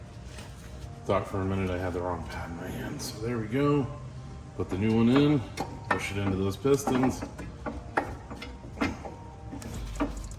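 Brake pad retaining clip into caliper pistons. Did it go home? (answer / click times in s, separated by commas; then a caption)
no / none. A new inner brake pad is being fitted to a Mustang Cobra, Mach 1 and Bullitt front brake caliper, with its retaining clip pushed toward the caliper pistons during a brake job and caliper rattle fix. Someone talks over background music while brief metallic taps and knocks of handling are heard around 7.7, 8.0, 8.4, 9.6 and 10.0 seconds. Nothing has seated or clicked yet.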